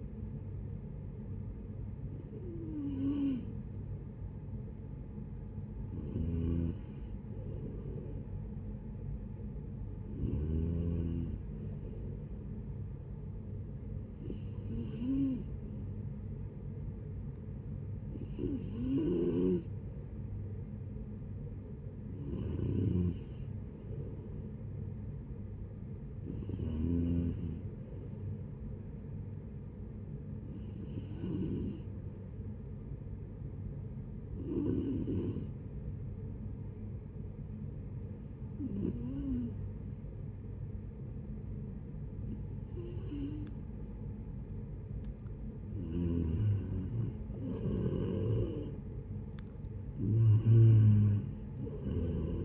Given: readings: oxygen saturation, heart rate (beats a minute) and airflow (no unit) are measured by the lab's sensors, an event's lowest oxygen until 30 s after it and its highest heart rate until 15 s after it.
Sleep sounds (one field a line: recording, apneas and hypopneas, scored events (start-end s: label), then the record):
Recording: breathing in sleep by a smartphone at the bedside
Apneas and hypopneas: 1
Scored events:
36.00-47.40 s: hypopnea (N3, oxygen 92% highest, then 88% lowest, heart rate 72 at the start, 73 highest)
42.00-52.45 s: new sleep stage, N2 (light sleep)
From the record:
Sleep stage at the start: N3 (deep sleep)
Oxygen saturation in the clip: 89 to 93%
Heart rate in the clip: 58 to 73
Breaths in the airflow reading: 13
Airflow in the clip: -10.7 to 10.9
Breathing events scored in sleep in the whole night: 496 in 5.4 hours asleep